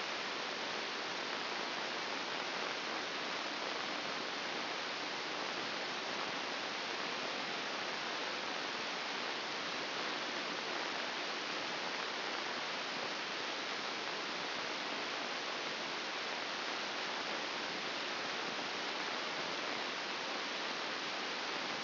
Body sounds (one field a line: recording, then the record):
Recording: brain microelectrode recording played as sound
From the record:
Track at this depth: outside the subthalamic nucleus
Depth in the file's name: 8.904 mm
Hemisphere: left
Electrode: 2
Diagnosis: Parkinson's disease